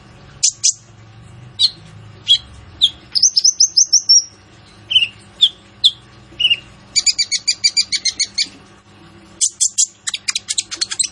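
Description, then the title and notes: Sunbird song of very high, thin chirps and sharp notes, a long thin whistle near four seconds, then fast buzzy trills in rapid bursts. Training song for cage birds, sung vigorously with varied fills and sharp 'shot' phrases; suited as a lure. "Suara Burung Kolibri Ninja Gacor"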